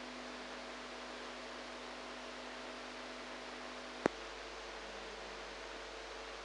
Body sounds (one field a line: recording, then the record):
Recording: brain microelectrode recording played as sound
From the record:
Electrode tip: inside the subthalamic nucleus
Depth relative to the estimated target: -2 mm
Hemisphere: right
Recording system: NeuroSet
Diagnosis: Parkinson's disease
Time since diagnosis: 8 years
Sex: female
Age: 45 years